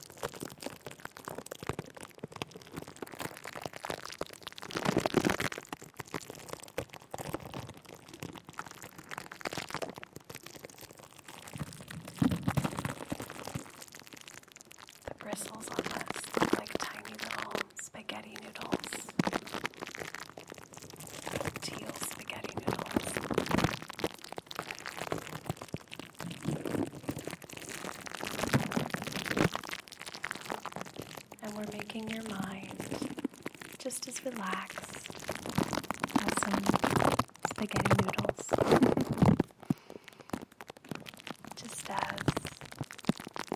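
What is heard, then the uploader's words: Dense, restless plastic wrap crinkling and scratching with frequent sharp crackles and brushing swells, continuous throughout with brief pauses near 15 and 40 seconds. Plastic Wrap Triggers Crinkles. Mic Brushing. Scratching.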